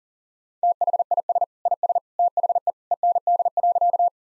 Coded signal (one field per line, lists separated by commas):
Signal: Morse code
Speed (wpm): 40 wpm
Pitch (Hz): 700 Hz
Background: none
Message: THIS IS THE END.